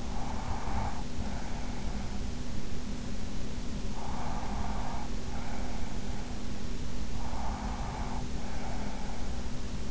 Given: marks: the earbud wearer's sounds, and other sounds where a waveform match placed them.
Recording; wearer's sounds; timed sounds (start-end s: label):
sounds in sleep by an in-ear microphone; breath
0.00-1.82 s: breath
3.76-5.99 s: breath
7.08-9.27 s: breath